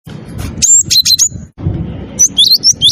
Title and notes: ND Burung. Nada Dering Burung Dengan Suara Merdu